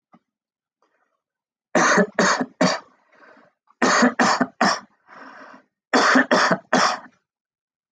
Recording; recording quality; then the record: heavy voluntary cough; excellent, no background noise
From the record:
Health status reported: healthy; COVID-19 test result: not tested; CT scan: not taken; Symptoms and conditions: none ticked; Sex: male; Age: 47 years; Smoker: no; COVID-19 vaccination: both doses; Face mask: not worn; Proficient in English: yes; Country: India